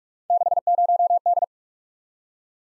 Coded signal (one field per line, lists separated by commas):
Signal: Morse code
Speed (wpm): 44 wpm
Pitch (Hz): 700 Hz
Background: none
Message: 60D